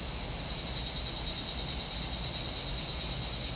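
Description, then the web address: Cicada drone, a loud high-pitched buzz with quick regular throbbing. "Nature Sounds – Nature Chill Out 2014. Sounds from a Rnewood Cicadas"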